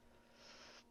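A plastic tab is pushed hard into a pink socket hole on a Transformers Legacy Evolution Titan Class Nemesis transforming robot toy, which takes some force, especially the first time. There is a soft hiss of handling and friction that swells slightly in the middle, then a sudden loud burst is cut off right at the end, at 0.9 s. Nothing has seated or clicked yet.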